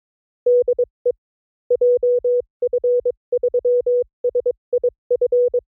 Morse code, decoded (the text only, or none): DE JF3SIF